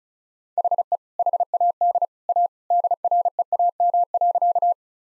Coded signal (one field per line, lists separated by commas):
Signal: Morse code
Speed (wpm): 36 wpm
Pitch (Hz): 700 Hz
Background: none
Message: HE HAD A DREAM.